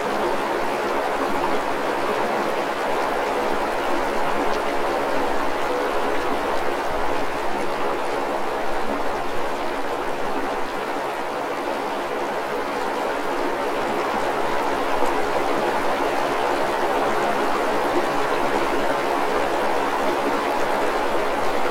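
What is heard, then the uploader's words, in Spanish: Water flows steadily from a mountain river or stream, a dense, unbroken rushing wash that holds an even level for the whole stretch. The sound sits mostly in the middle and upper range with little low rumble, and no separate events stand out. La pieza está compuesta por una serie de registros realizados en diferentes localidades de la zona andina del Perú. Asimismo están las grabaciones de flujos de agua, ríos y lagunas de la sierra a más de 3.500 m.s.n.m. Para el registro se utilizaron distintos tipos de grabadoras y micrófonos.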